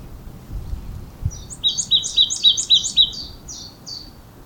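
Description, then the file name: Marsh tit starting after a quiet second with a fast burst of sharp, high chipping notes, then a few weaker trailing notes; low rumble of background noise. "Poecile palustris"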